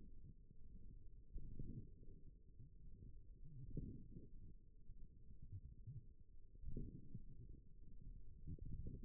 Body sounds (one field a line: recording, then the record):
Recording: forearm muscle sounds (acoustic myography)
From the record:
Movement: forearm supination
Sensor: system 1, eight BSWA MPA416 microphones around the upper forearm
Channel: 4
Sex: female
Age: 21 years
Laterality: right